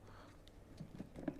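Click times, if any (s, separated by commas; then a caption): none. A plastic retaining plug is being handled at the middle of the handle of a Hozelock Enclosed Compact Reel 2414/2415, about to be pushed fully home so it holds the handle in place. Faint low tapping and handling noises build to a brief sharp tap near 0.5 s and a louder knock at 1.3 s. Nothing has seated yet.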